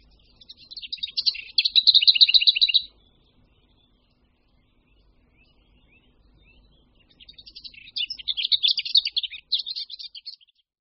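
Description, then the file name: Lesser whitethroat song: two dry, rapid rattling phrases on one pitch, each starting with a soft twitter, separated by a long quiet pause. "Pěnice-pokřovní"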